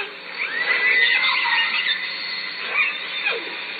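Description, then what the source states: Killer whale calls, a long run of overlapping squealing pulsed calls with rising and falling tones, ending in a descending call, with constant underwater hiss. Southern Resident killer whale calls at Lime Kiln in June.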